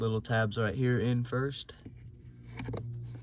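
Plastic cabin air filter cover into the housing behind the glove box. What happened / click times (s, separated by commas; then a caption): The plastic cover is being fitted but has not yet snapped home / none. On an RSX, a plastic cabin air filter access cover is handled at the housing behind the glove box, its two small tabs going in first, while someone talks over the first half. Faint plastic handling rustles follow, with brief light ticks near 2.6 s and 3.2 s. Nothing has seated or clicked yet; the cover has not snapped into place by the end.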